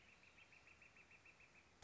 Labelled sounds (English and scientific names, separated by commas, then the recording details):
Northern Flicker (Colaptes auratus)
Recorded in Sonoma County, California